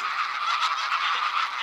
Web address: Гусь серый Oca Selvatica